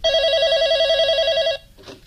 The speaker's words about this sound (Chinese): 然而觉得乱了方寸的人不只是卢迪一个，就在803和沈西走后，自以为可以松口气的朱永昌又被一个电话搅了好梦。